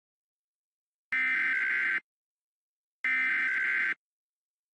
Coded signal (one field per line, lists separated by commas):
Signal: Emergency Alert System (SAME) tones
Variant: header bursts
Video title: Emergency Alert System EAS Tones from 12 Different Countries 5/13/24